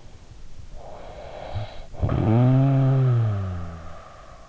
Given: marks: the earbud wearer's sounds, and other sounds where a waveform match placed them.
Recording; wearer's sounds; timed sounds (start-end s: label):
sounds in sleep by an in-ear microphone; snoring breath
0.80-4.48 s: snoring breath